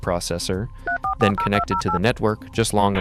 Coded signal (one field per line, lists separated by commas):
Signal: DTMF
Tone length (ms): 110 ms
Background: speech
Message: 340208